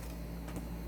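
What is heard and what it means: A slotted 6 mm MDF support piece, the cross-shaped stand, is handled as it is pushed toward the slot on the back of an MDF floor display. Only a steady low hum and faint handling noise are heard, with no distinct click. Nothing has seated yet, but the piece goes on to fit exactly into the slot.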